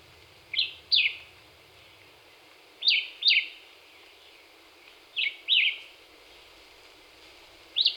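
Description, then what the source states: Black-whiskered vireo singing brisk paired chirps that drop in pitch, each phrase separated by pauses of roughly two seconds. Recorded on 26 April 2019.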